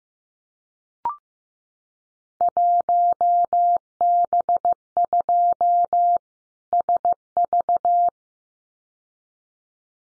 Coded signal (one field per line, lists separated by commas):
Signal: Morse code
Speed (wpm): 15 wpm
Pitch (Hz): 700 Hz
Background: none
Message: 1B2 SV